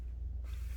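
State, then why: Not seated. An internal component is being put back into a Mac mini A1993 chassis during reassembly after a memory upgrade. Only a steady low hum and faint handling noise are heard. Nothing has seated or clicked yet.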